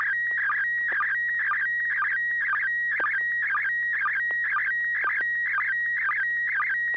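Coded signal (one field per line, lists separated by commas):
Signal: SSTV (slow-scan television)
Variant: PD120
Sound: rhythmic warbling tones alternating with a steady whistle, with short lower sync blips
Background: low hum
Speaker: that this is a November 6 hotel Alpha and this will be a pd20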